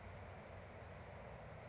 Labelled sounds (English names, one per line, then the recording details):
Bewick's Wren
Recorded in Sonoma County, California